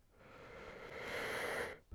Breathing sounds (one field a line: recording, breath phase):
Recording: one breath near a microphone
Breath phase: inhalation